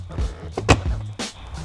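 A plastic window switch assembly for a Bronco is pressed into the door trim panel. Two snaps are heard at 0.6 s and 0.7 s, and someone talks. The switch assembly's clips snap home and it is seated.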